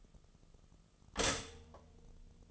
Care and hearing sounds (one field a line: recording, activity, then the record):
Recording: daily activity, microphone in the room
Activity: stop toaster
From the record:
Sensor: 4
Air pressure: 1010.1 hPa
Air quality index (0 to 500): 180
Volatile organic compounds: 5 ppm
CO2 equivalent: 1823 ppm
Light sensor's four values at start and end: 23/68/27/27 and 23/68/27/27